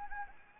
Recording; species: mosquito wingbeat signal from an infrared sensor; Anopheles gambiae